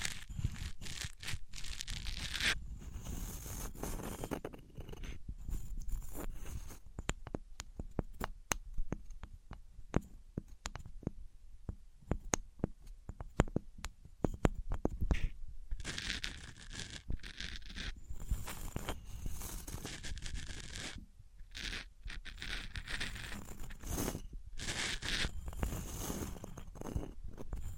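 Materials are rubbed and handled one against another: wood, cork, sponge, foam, glass and plastic. Dense scraping and squeaky rasping strokes fill most of the clip, with sharp clicks and brief bright bursts, and a short quieter stretch around eleven to fourteen seconds.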